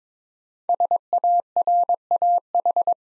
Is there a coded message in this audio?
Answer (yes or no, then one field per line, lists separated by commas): yes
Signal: Morse code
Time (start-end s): 0.7-2.9 s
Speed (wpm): 22 wpm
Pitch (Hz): 700 Hz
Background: none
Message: SARAH